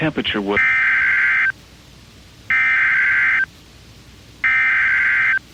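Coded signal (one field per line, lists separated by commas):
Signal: Emergency Alert System (SAME) tones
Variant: header bursts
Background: speech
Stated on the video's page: Received by direct audio from a NOAA Weather Radio station, flash flood warnings.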